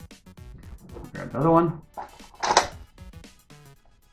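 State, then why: Seated. Someone talks over background music while a plastic foam-dart magazine is slid into the side magazine well of a Nerf Doomlands Double Dealer toy blaster. A sharp snap at 2.6 s marks the magazine seating home, and it is confirmed snapped in place.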